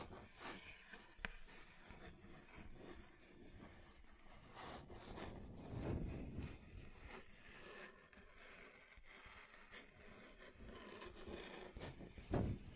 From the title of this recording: Table Scratching Different Surfaces